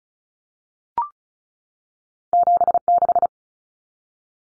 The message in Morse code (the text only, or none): 76